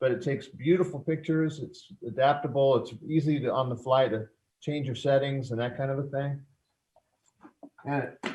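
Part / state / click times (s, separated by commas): professional video camera into tripod quick-release mount / not seated / none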